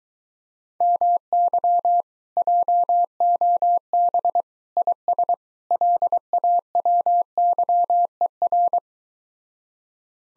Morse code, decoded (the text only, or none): MY JOB IS LAWYER